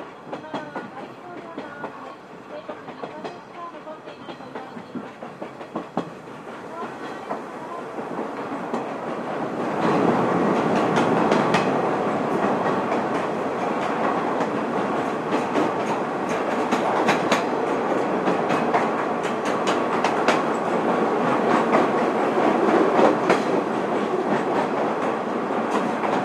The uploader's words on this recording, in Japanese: SL人吉号、球磨川橋梁を渡る。音源はまだ災害に遭う前のSL人吉号。